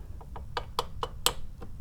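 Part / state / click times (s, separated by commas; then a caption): click-type torque wrench tightening an oil drain plug in a motorcycle engine case / torque reached / 1.3 s. A click-type torque wrench with a 10 mm Allen bit, set to 25 lb ft, tightens the oil drain plug in a Ducati Monster motorcycle's engine case. A series of short ratcheting ticks builds to a loud, sharp click at 1.3 s as the wrench breaks over, and the plug is confirmed torqued to 25 lb ft.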